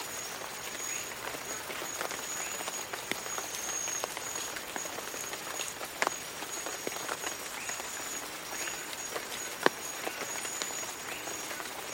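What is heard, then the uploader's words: Jungle swamp ambience: a dense, steady bed of insect and frog chatter fills the mids and highs, with a thin, high insect whine running throughout. Sharp clicks and ticks punctuate it, the strongest near six and nine and a half seconds. Jungle swamp ambience.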